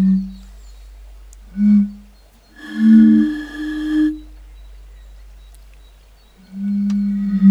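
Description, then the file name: European fire-bellied toad calls: soft, low, mellow hooting notes, some brief and one longer and drawn out. "cnv 08-henrik olsson anders dahl - bombina bombina"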